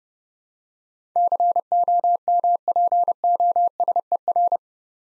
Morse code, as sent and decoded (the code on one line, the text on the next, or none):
-.-. --- -- .--. --- ... . .-.
COMPOSER